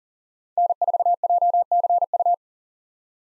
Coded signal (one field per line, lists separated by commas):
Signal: Morse code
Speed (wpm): 40 wpm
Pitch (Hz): 700 Hz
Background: none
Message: N4JCU